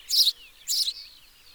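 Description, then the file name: House sparrow giving two loud, buzzy chirps about half a second apart, with fainter sound trailing after them. "Passer domesticus"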